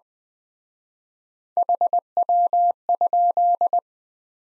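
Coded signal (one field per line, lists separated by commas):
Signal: Morse code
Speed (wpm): 21 wpm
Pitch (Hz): 700 Hz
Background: none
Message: HW?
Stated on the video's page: Morse practice at 17wpm in Speed-Racing format, starting at 1.5 times base speed and slowing; final repeat at maximum speed.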